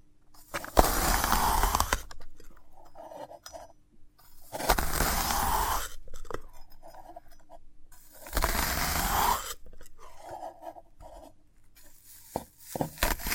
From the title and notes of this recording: ASMR of a Sprouted Coconut (No Talking).